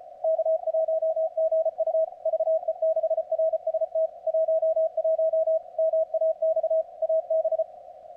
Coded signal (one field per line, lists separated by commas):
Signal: Morse code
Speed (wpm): 35 wpm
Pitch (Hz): 620 Hz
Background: none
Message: K1GU VE6RST 11 MAX AB